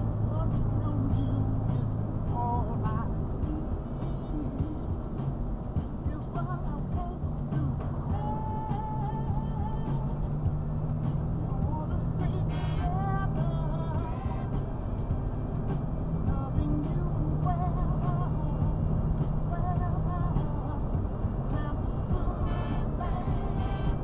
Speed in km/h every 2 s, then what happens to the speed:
81, 81, 79, 79, 79, 81, 82, 84, 87, 89, 90, 90.
0-9 steady at about 79. 9-24 speeds up to 90.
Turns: none.